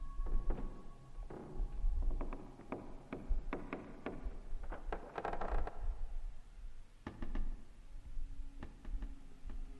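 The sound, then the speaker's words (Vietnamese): Irregular wooden clacks and knocks, a run of sharp taps and thumps with low rumbling between them, as a wooden bed frame in the room opposite rattles and creaks while an old woman puts up a mosquito net. “Ấy tính là chính là cái tiếng lạch cạch của giáp giường, cọt kẹt như mọi khi, lúc bà cụ đang răng màn.”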